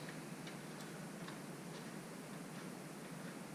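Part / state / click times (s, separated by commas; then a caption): oil drain plug into outboard lower unit / not seated / none. A metal oil drain plug is threaded back by hand into the lower unit of a 15 hp Mercury outboard motor, then snugged with a ratchet, taking care not to cross-thread it. Faint, soft ticks sound at a steady pace over a constant broadband hiss. No click is heard, and nothing has seated yet.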